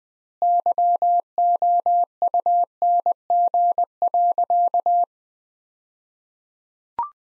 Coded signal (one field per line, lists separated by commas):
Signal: Morse code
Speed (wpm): 20 wpm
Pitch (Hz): 700 Hz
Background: none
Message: YOUNG.